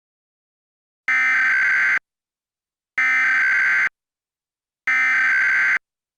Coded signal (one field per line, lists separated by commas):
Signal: Emergency Alert System (SAME) tones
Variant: header bursts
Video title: Eas Scenario The Superior race Pt 3 The World Turned Upside Down